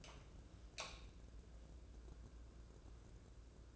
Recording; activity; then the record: daily activity, microphone in the room; light on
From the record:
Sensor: 2